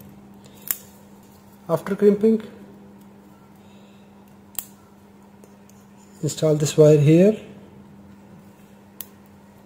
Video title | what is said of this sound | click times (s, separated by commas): {655} How To Insert & Remove Pin Using Insertion & Removal Tool | یہ lock ہو تو آپ سنیں گے کلک کی آواز پل بیک | 9.0 s